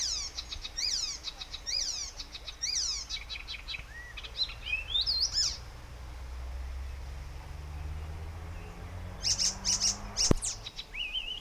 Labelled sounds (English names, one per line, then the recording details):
Icterine Warbler
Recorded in the wild
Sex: male
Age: adult
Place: Erlangen, Bayern, DE
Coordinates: 49.6306, 10.9508
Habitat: pond
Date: 1962-06-13
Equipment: Stellavox SM 5, AKG D19, Original, Vollspur
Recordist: Tretzel, Erwin